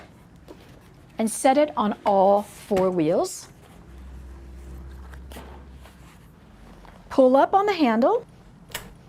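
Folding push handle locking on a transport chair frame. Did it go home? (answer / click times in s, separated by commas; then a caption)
yes / 8.8 s. Someone talks while the folding back handle of an aluminum transport chair is pulled up on its frame after the chair is set on all four wheels. A low steady hum runs through the pause in the middle, and a sharp tick at 8.8 s marks the handle clicking and locking into place.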